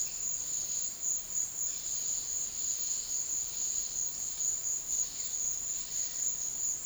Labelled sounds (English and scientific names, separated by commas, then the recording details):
none
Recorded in dense forest near Puerto Asís, Putumayo, Colombia, on 18 February 2024 at 13:00
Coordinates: 0.500, -76.322
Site G6465